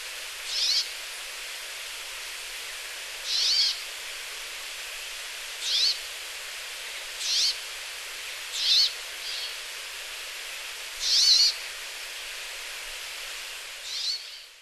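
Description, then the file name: Brambling giving a series of short calls at irregular intervals, some louder than others, against steady background hiss. Okayama, 27 October 2011. "atori okayama 111027 kaji"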